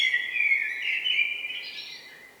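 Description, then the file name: Eurasian blackbird producing a warbling whistled phrase that slides and fades away over about two seconds, with a faint higher strand near the end. "Turdus merula"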